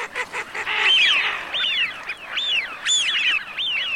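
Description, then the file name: Eurasian wigeon whistled calls, a flock of overlapping rising-and-falling whistles, some sharp and high, sounding almost continuously throughout. "FISCHIONE"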